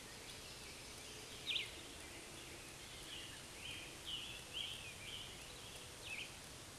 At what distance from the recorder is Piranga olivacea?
about 95 m